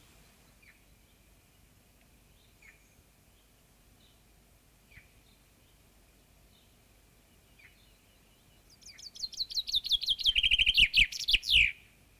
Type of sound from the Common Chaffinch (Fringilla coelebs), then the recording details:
song. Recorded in the wild. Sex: male. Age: adult. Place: Hövelhof, OT Hövelriege, Senne, Nordrhein-Westfalen, DE. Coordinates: 51.8667, 8.65. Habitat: forest. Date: 1965. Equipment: Uher 4000 Report-S, Bändchenmikro Beyer M 260, Parabolspiegel Polyester (470 mm). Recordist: Conrads, Klaus